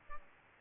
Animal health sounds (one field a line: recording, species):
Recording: mosquito wingbeat signal from an infrared sensor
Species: Aedes albopictus